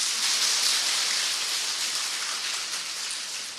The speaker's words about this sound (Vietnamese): Cho một tràng pháo tay đó.